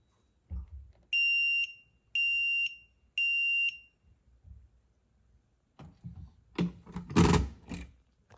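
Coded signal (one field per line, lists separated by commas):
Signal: alarm pattern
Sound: three half-second high-pitched alarm beeps evenly spaced, then thumps and rustling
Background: room noise, handling thumps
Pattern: temporal three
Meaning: Temporal-three fire alarm signal meaning evacuate the building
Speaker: this is a tough situation because at the same time, I know this isn't picking up the temporal 3.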